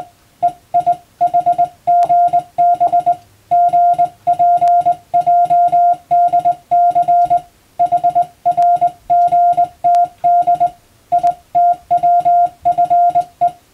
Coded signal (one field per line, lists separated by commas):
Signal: Morse code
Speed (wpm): 20 wpm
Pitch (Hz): 700 Hz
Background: music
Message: EIHGB GPJDC HRGTD ITWFE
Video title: 【Radio operator morse practice】This is a practice scene for the practical exam for radio operators.